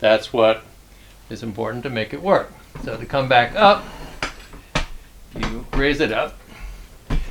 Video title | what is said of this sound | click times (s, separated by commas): (Unedited) Replacing broken springs by struts on sailboat outboard heavier engine | and it has a little click lock right there that secures it in the either the up or the down position | 7.1 s